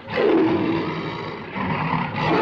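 Tigers and lions in cages being loaded onto a ship's deck roar and growl in a loud, continuous rumble that swells, dips slightly in the middle, then rises again, with rough, low-pitched tones and no voices.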